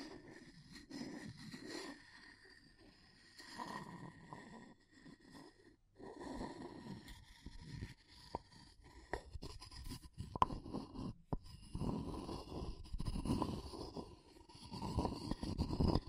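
Wood, bamboo and straw are handled in uneven bursts of scraping and crackly rustling, with a soft low rumble under each stroke. The sounds go quiet around four to six seconds, sharp clicks land near eight and eleven seconds, and the last few seconds grow denser and louder.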